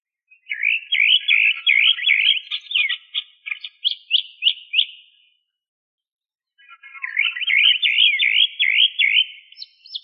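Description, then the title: Bird singing rapid, sweeping whistled notes in a long warbled phrase, a silent gap of roughly one and a half seconds, then another rolling burst; no other sounds. "LuckyPassaros CompletosSama"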